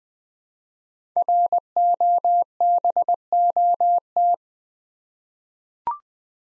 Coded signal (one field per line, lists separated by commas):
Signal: Morse code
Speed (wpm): 20 wpm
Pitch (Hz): 700 Hz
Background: none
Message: ROBOT